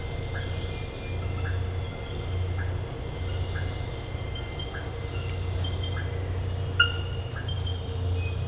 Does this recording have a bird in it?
no